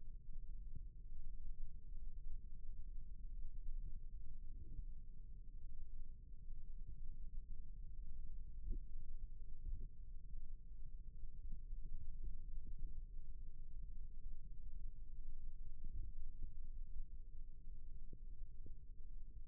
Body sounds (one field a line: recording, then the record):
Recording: forearm muscle sounds (acoustic myography)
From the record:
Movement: rest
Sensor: system 1, eight BSWA MPA416 microphones around the upper forearm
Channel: 5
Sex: female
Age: 20 years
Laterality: right